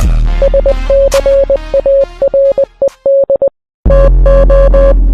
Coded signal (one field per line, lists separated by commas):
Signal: Morse code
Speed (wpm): 20 wpm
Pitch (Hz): 550 Hz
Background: music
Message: SCARED TO